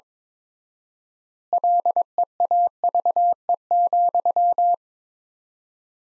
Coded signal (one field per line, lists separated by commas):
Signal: Morse code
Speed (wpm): 22 wpm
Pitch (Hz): 700 Hz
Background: none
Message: LEAVE,